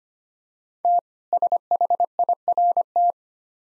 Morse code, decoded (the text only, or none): T SHIRT